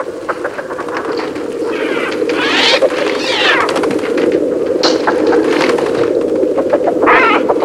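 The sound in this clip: Birds calling, many overlapping chirps, sweeping whistles and short trills crowding together in a busy chorus over a steady low hum.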